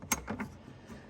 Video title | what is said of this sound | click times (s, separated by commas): How To Replace 2007-2020 GM High & Low Beams! New AUXITO LED Bulbs! | You can hear it click out, and you pull it out. | 0.1 s